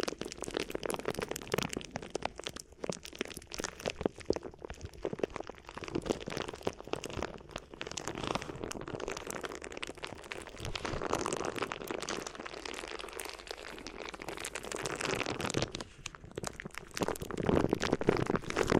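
Crinkly ear massage sounds: dense, rapid crinkling and crunching rustles run continuously, swelling louder in bursts near the middle and end.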